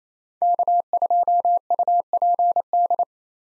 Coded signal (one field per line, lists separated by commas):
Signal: Morse code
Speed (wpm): 27 wpm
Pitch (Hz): 700 Hz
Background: none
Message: K2UPD